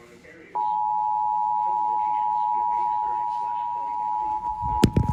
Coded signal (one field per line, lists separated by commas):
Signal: Emergency Alert System (SAME) tones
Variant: 853 and 960 Hz attention tone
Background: speech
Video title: EAS Alerts from August 26-30, 2024 [EAS #1,878-1,885]